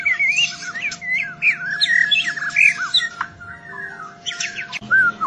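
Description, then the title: White-rumped shama singing quick sweet whistled phrases, slurred up and down, with a steady low tone underneath. Training song for birds, full of rapid 'tembakan' bursts. "Masteran Murai Batu Full Tembakan & Durasi Panjang"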